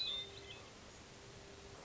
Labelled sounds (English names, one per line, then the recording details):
Hermit Thrush
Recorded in Sonoma County, California